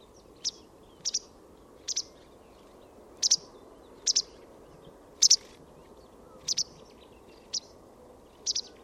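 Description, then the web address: Bird calls: brief, high, clicky chip notes, single or paired, spaced irregularly about a second apart against a soft hiss. "Deverinetal 2025 File origin Bird Only"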